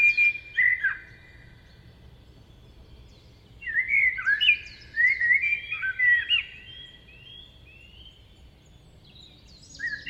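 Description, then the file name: Common blackbird song: fluted warbling phrases mixed with higher squeaky notes, heard in bursts at the start, in the middle and at the end. "Turdus merula"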